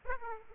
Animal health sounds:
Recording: mosquito wingbeat signal from an infrared sensor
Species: Aedes aegypti

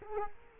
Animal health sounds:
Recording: mosquito wingbeat signal from an infrared sensor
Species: Culex quinquefasciatus

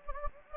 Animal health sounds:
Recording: mosquito wingbeat signal from an infrared sensor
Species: Anopheles gambiae

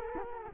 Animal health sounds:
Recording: mosquito wingbeat signal from an infrared sensor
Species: Culex quinquefasciatus

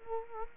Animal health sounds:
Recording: mosquito wingbeat signal from an infrared sensor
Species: Culex quinquefasciatus

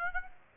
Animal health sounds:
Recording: mosquito wingbeat signal from an infrared sensor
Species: Aedes aegypti

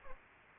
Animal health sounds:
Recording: mosquito wingbeat signal from an infrared sensor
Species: Aedes aegypti

